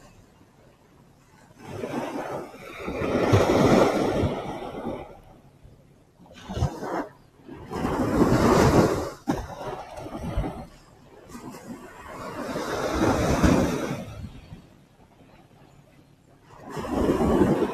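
Waves roll in and wash up the shore in slow surges, each swelling to a loud rushing hiss and fading over a few seconds. Breakers arrive roughly every four to five seconds, with brief quieter lulls between them.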